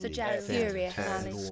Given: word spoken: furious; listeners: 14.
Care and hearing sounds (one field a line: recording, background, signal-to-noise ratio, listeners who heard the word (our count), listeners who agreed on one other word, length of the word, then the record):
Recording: one English word in noise, from a listening test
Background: four-talker babble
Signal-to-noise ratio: -0.9 dB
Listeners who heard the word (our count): 4 of 14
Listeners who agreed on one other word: 8 of 14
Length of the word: 1.12 s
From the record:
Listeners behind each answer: 8, 4, 1, 1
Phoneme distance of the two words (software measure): 54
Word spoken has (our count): 2 syllables, 6 phonemes, stress on syllable 1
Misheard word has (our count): 2 syllables, 6 phonemes, stress on syllable 2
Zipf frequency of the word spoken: 3.97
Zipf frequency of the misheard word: 4.63